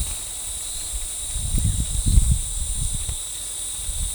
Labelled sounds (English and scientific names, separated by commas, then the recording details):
none
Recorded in forest near Pivijay, Magdalena, Colombia, on 17 April 2023 at 08:30
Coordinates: 10.467, -74.380
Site Z5-G034